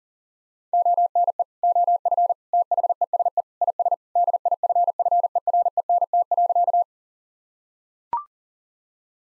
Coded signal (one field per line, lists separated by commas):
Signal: Morse code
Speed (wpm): 40 wpm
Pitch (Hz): 700 Hz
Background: none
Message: ONE OF THESE IS DIFFERENT.